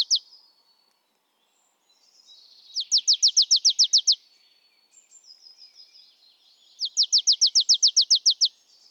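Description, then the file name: Marsh tit giving repeated rapid runs of sharp, high, downslurred notes, each burst about ten notes long, with thin wavering tones in between. "Poecile palustris"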